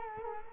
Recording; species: mosquito wingbeat signal from an infrared sensor; Culex quinquefasciatus